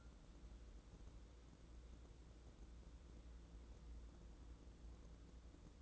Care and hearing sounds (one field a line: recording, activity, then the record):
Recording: daily activity, microphone in the room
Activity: wipe stove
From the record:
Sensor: 3